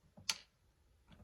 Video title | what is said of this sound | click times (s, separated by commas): How to start a Bosch dishwasher Super Silence Plus | Hear the click. | 0.3 s